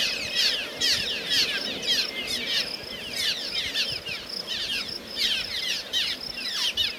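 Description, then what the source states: Cliff Swallow flock chattering, with many overlapping quick downward-sweeping chirps and a few thin, higher notes above, pulsing in bursts throughout. Cliff Swallow calls from a big flock; call likened to 'sure, sure, sure'; species' most common call described as a soft chirr.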